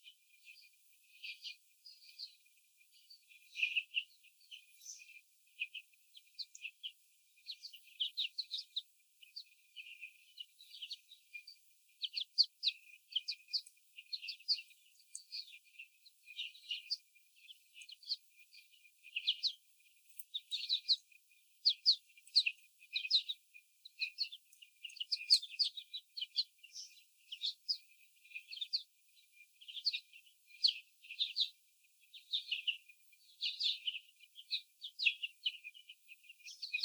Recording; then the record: young laying hens in a cage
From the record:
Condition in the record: before the stressor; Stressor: sudden umbrella opening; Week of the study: 3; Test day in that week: 2